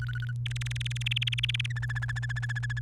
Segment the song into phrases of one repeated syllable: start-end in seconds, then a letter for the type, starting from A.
0.00-0.32 A, 0.46-1.66 B, 1.70-2.80 C